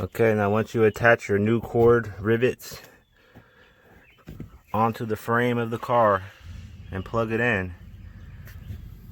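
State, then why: Seated. During a passenger-side wheel hub replacement on a 2003 Ford Ranger, the hub's wiring is riveted to the frame and its plastic sensor connector is plugged into the vehicle wiring harness while someone talks. A short click at 8.5 s marks the connector seating.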